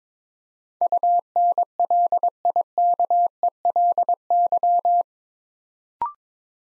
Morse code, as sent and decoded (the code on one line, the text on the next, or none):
..- -. .-.. .. -.- . .-.. -.--
UNLIKELY